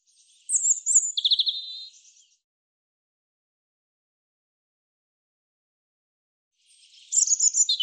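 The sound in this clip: European robin song: a high twittering phrase with a buzzy trill, then several seconds of silence before another high, rapid warbled phrase starts.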